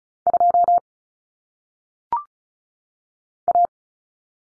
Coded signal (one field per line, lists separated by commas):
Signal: Morse code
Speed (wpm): 36 wpm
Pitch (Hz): 700 Hz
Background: none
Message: 2 A